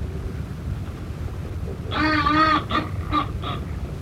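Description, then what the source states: Buller's albatross gives one drawn-out nasal bray followed by three short clipped notes, with low rumbling background noise throughout. Northern subspecies.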